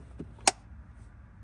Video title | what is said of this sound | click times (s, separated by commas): Must change this filter in your 2018-2022 accord | make sure when you push it back in together it makes a click sound like this | 0.5 s